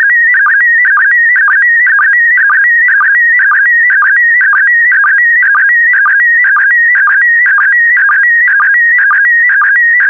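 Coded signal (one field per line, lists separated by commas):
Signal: SSTV (slow-scan television)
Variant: PD120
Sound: warbling tone hopping between a few pitches, with quick low sync blips several times a second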